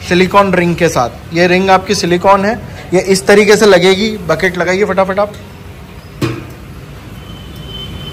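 A 25-litre milking bucket with a silicone ring is being handled so that the lid carrying the pulsator can be locked down, which keeps vacuum from leaking. Someone talks for the first five seconds; then there is a quiet stretch with a single brief knock near 6.2 s. Nothing has seated or locked yet.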